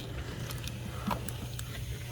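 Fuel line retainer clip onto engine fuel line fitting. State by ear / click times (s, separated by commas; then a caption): not seated / none. A fuel line retainer clip is handled on the engine fuel line fitting of a 2014 Jeep Grand Cherokee 3.6L V6 while parts around the oil filter housing are reinstalled, as the fuel line is pushed into place with its retainer under. Faint, brief handling ticks at about 0.7, 1.1, 1.3 and 1.6 seconds sit over a steady low hum. The clip has not clicked in or seated yet.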